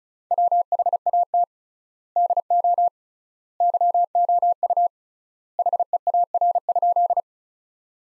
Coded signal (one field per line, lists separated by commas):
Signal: Morse code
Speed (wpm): 36 wpm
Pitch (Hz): 700 Hz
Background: none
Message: WHAT DO YOU HEAR?